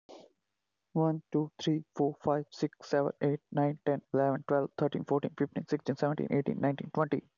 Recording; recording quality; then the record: counting at a fast pace; excellent, no background noise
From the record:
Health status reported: healthy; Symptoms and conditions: none ticked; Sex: male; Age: 24 years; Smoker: not ticked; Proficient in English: yes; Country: India